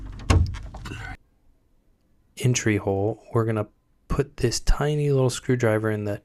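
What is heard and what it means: A small screwdriver is pressed into the release hole of a spring-clamp wire terminal on a Victron inverter's AC connection block, opening the wire entry hole. Two sharp clicks are heard at 0.3 s and 0.8 s as the spring clamp releases, followed by a pause and then someone talking.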